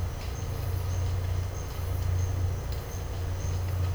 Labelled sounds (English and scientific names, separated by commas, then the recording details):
none
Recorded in dense forest near Puerto Asís, Putumayo, Colombia, on 9 March 2025 at 13:30
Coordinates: 0.468, -76.322
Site GP01